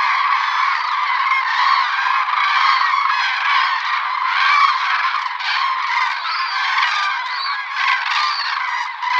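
Cranes calling as a flock, a continuous dense mass of overlapping rolling, trumpeting calls with no pauses throughout.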